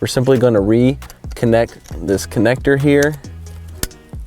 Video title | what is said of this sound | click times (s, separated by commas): CREE LED Rear Center Dome Light Install For '15-'20 F150 & '17-'22 Super Duty (From F150LEDs) | press down on the red tab to lock it into place | 3.8 s